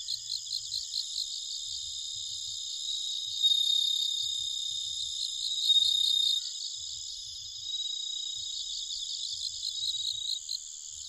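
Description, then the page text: Bell cricket song: clear high tinkling notes in bursts over a dense, steady chorus of pulsing insects. Recorded at night, 21:48 on 1 October 2011, in Nikko, Japan. "suzumusi 20111001-2148. Homoeogryllus japonicus [Sounds -Nikko Today-]"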